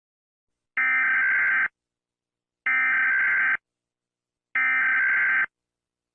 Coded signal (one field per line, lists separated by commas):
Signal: Emergency Alert System (SAME) tones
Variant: header bursts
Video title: EAS Scenario - The Happy Bear (PART 7 - FINAL) Collaboration with @pierosebastiani-eas